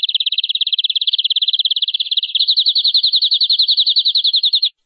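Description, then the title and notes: Canary song: a rapid pulsed trill that shifts partway to slightly higher, more spaced notes, continuing unbroken for nearly five seconds. "BM Suara Burung Kenari"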